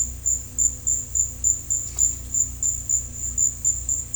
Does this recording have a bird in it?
no